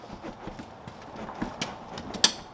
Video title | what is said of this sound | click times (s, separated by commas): How To Fix Your Lift Gate Latch on 97-01 Cherokee's | Oh, hear a click? All right, got it open. | 2.2 s